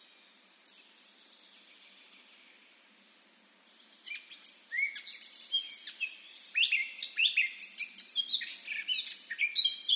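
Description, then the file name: Eurasian blackcap song: one thin high whistle, a pause, then a fast scratchy warble building into loud fluty phrases. "Sylvia atricapilla"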